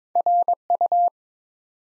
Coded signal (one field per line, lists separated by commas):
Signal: Morse code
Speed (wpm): 22 wpm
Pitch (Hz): 700 Hz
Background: none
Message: RU